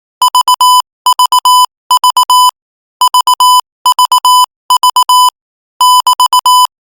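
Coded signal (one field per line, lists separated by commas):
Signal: Morse code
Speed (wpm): 18 wpm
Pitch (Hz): 1000 Hz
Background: music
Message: VVV VVV <BT>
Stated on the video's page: Morse practice at 22 words per minute of Thai text.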